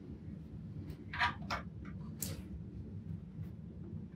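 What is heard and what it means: An active QSFP network cable plug is pushed into a network card or switch port in the only orientation it fits. Sliding scrapes are heard around 1.1–1.6 s, then a sharp, short latch click at 2.2 s as the plug seats in place.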